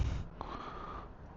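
A foam/fur wind muff that comes with the DJI Mic 3 (two are included, one black and one gray) is pushed onto the top of a wireless lavalier mic transmitter. There is a low rumble of handling noise, then a brief tap near 0.4 s followed by quiet rubbing. The muff has not clicked on yet.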